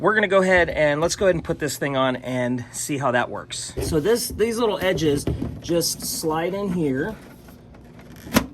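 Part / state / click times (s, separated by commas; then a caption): exhaust hose end fitting into portable air conditioner back panel / seated / 8.4 s. Someone talks while the edges of an exhaust hose end fitting are slid into the guides on the back panel of a portable air conditioner. Quiet sliding ticks follow, then a loud short click at 8.4 s as the fitting snaps into place.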